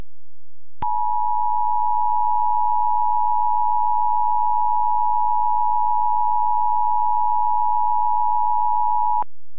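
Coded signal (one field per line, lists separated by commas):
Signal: Emergency Alert System (SAME) tones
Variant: 853 and 960 Hz attention tone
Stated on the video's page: Real alert audio relayed by a Trilithic EASyPLUS unit.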